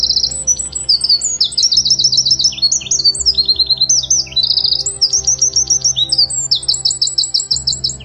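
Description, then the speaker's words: Eurasian wren song, a long, loud, rapid run of high trills and sharp chattering notes, changing trill types almost without pause. Loud song of the male during the breeding period, while he builds several nests; loud song and a nearly upright tail show he is in fine spirits. "Сейчас вы слышите песню крапивника."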